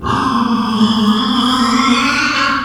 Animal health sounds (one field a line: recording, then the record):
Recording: squeal of a Yucatan mini pig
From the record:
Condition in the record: after surgery on the right vocal fold (resection and tissue-engineered implant)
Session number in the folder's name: 15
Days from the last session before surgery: 175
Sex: female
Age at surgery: 19 weeks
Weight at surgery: 25 kg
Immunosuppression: prednisolone